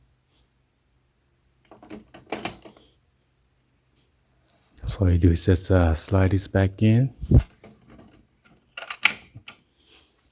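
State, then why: Seated. The toner cartridge drawer of an HP LaserJet Pro M254dw colour laser printer is slid back into the printer body. Someone talks amid clattering plastic handling, and a burst of sharp knocks follows. The drawer clicks home and locks at 9.1 seconds.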